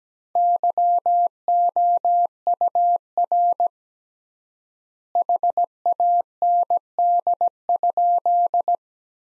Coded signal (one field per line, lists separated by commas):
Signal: Morse code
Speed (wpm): 17 wpm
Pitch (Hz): 700 Hz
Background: none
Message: YOUR HAND?